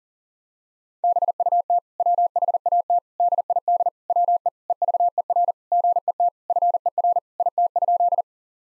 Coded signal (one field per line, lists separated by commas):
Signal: Morse code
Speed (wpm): 40 wpm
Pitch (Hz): 700 Hz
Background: none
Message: BUT WHAT DID WE EVER GET FER IT?